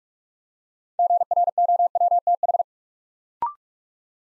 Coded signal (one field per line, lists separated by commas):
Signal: Morse code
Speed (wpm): 44 wpm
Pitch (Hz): 700 Hz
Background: none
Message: GROWTH